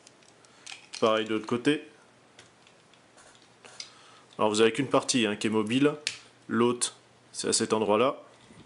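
A movable part of a Chogokin DX GD-99 Aquarion die-cast robot figure is handled at a joint, ready to be pushed into its mount on the robot body. Someone talks over soft ticking and tapping handling sounds, with a brief sharper tap near 3.8 seconds. The part has not seated or clicked into place yet.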